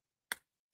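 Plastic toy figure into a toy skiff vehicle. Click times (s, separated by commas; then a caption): 0.3 s. A small plastic toy figure is pressed into its spot on a toy skiff vehicle and seats with a single sharp, bright click at 0.3 s, followed by a faint tick near 0.7 s. The figure clicks firmly into place in the vehicle.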